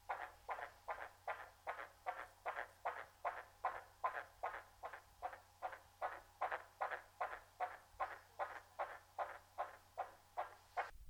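Fast, regular whooshing heartbeat of an unborn baby in the womb at 16 weeks of pregnancy, picked up by Doppler ultrasound, at about 155 beats a minute, ending in a loud noise.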